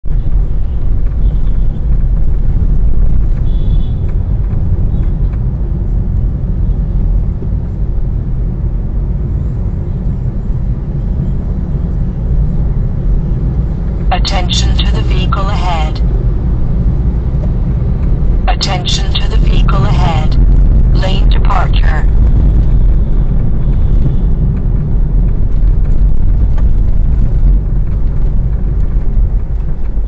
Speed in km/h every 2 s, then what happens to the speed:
36, 40, 39, 38, 43, 48, 48, 48, 50, 56, 54, 49, 40, 42, 43.
0-6 steady at about 38. 6-10 speeds up to 48. 10-15 steady at about 48. 15-18 speeds up to 56. 18-24 slows to 40. 24-30 steady at about 42.